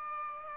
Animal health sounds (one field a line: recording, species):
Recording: mosquito wingbeat signal from an infrared sensor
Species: Aedes aegypti